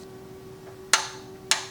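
An oil cooler bolt on a G35 V6 engine, refitted after replacing the leaking oil cooler gasket O-ring, is tightened with a torque wrench set to 36 ft-lb. Over a steady low hum, two sharp metallic clicks ring out at 0.9 s and 1.5 s, each decaying quickly. The wrench clicks at its setting, and the bolt reaches its torque.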